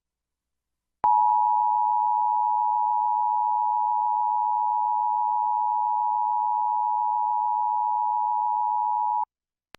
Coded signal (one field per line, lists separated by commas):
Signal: Emergency Alert System (SAME) tones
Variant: 853 and 960 Hz attention tone